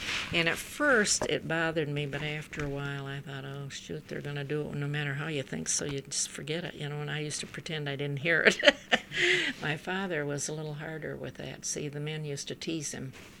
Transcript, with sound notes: And at first it bothered me, but after a while I thought, "Oh, shoot, they're going to do it no matter how you think," so you just forget it. You know, and I used to pretend I didn't hear it. ( she laughs ) My father was a little harder with that, see. The man used to tease him.